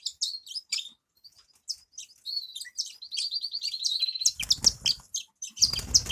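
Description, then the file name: Grass parakeets twittering high, building into a long buzzy trill, with two low noisy bursts near the end. "travyanye popugaiciki"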